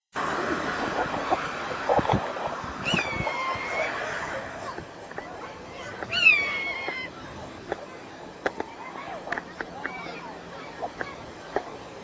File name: jay buzzard mimic 23 july 2003 corsica